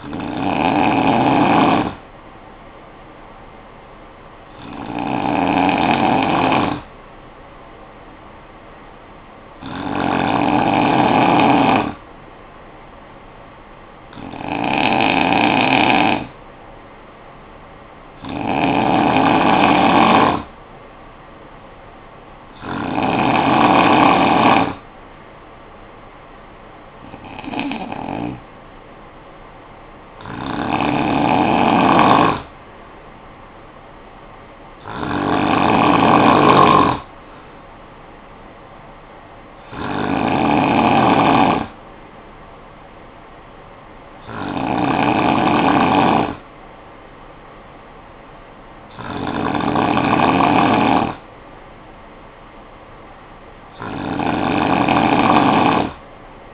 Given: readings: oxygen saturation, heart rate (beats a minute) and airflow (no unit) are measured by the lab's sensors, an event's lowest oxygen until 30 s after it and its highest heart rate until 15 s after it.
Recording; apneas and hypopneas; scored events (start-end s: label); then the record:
breathing in sleep by a voice recorder at the bedside; 1
4.00-21.60 s: hypopnea (N2, oxygen 95% highest, then 91% lowest, heart rate 55 at the start, 64 highest)
From the record:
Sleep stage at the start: N2 (light sleep); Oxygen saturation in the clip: 91 to 95%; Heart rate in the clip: 50 to 64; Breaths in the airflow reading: 13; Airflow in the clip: -8.3 to 5.6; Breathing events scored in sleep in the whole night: 445 in 7.6 hours asleep